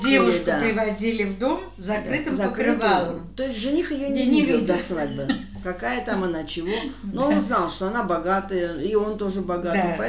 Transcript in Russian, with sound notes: Девушку приводили в дом закрытым покрывалом. [хором]
То есть жених ее не видел до свадьбы. [смеются] Какая там она чего? Но он знал, что она богатая, и он тоже богатый.